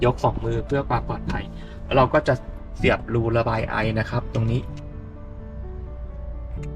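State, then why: Seated. Someone talks over background music while the vent (breather) tube is pushed into the vent hole of a new 12V AGM car battery, weighing nearly 18 kg, in a Haval H6. After the talk fades, a small click is heard at 6.6 s as the tube seats in the vent hole, and it is confirmed okay.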